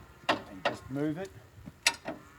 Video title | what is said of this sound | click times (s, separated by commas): Pre op check Case 125/ 165 | click that back in | 0.3 s, 0.7 s